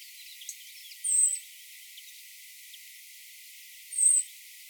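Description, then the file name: European robin giving two thin, very high whistled calls about three seconds apart over faint hiss. "Erithacus rubecula"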